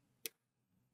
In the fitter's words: in inserted and you can hear a click sound